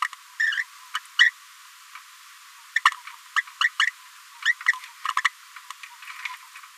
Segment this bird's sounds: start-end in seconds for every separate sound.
0.01-0.08, 0.39-0.64, 0.93-1.00, 1.19-1.31, 2.75-2.80, 2.84-2.95, 3.36-3.42, 3.60-3.69, 3.79-3.91, 4.45-4.54, 5.05-5.12, 5.17-5.21, 5.24-5.29, 6.09-6.12